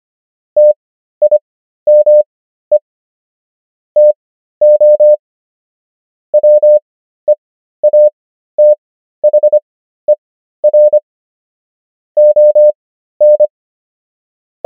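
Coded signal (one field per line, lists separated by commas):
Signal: Morse code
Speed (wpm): 25 wpm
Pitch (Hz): 600 Hz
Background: none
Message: TIME TO WEATHER ON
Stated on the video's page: Morse practice of the 500 most common English words, 25 wpm character speed with 13 wpm Farnsworth word speed.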